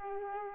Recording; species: mosquito wingbeat signal from an infrared sensor; Aedes aegypti